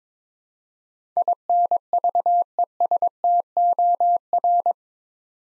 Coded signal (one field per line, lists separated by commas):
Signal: Morse code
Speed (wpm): 22 wpm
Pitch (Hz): 700 Hz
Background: none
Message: INVESTOR